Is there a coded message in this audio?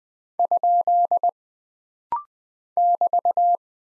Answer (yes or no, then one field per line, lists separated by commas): yes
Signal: Morse code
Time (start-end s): 0.4-3.5 s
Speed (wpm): 20 wpm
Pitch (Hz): 700 Hz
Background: none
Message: ? <BT>